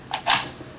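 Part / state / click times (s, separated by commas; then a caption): recoil spring and receiver cover seating on a rifle bolt/receiver / seated / 0.1 s. With the receiver cover fitted on a Yugoslavian SKS rifle, pressure is taken off the steel bolt and the recoil spring pops into place with a single sharp metallic click at 0.1 s. A broader, louder metallic burst follows around 0.3 s and fades out. The spring is seated.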